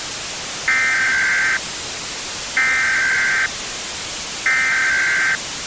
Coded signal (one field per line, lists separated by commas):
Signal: Emergency Alert System (SAME) tones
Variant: header bursts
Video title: Repost-Test EAS ALARM